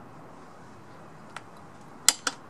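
A click-type torque wrench is tightened on the self-locking rear axle nut of a motorcycle until it releases at its set value of 51 lb-ft. Over a steady low hiss, a faint tick at 1.4 s comes before the wrench's one loud, sharp click at 2.1 s, followed by a second, softer snap at 2.3 s. The click confirms the nut has reached the set torque.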